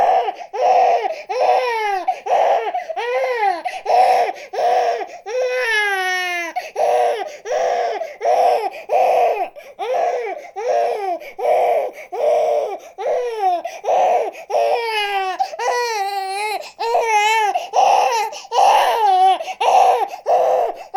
Newborn Baby cry.